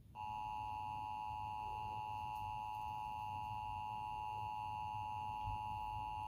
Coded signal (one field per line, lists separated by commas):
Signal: Emergency Alert System (SAME) tones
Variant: 853 and 960 Hz attention tone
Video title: Emergency Alert System - Tornado Watch - 8:55pm 10/31/2013